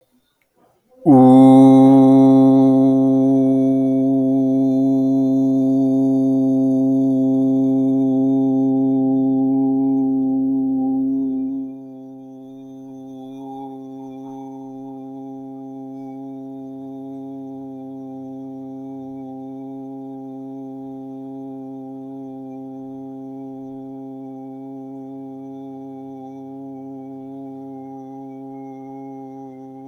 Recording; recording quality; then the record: sustained vowel as in boot; excellent, no background noise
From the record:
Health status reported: healthy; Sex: male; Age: 54 years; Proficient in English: yes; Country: India